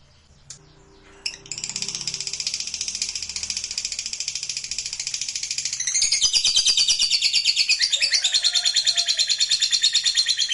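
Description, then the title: Lovebird singing: after a couple of faint taps, a continuous shrill buzzing chatter begins, growing louder and more varied in its second half. Lovebird song used as trigger audio to get a lovebird that is reluctant to sing excited, so it starts singing spontaneously. "LOVEBIRD Malas Bunyi JADI GREGET SPONTAN Langsung NARIK"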